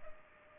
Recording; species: mosquito wingbeat signal from an infrared sensor; Culex pipiens